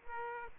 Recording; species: mosquito wingbeat signal from an infrared sensor; Aedes aegypti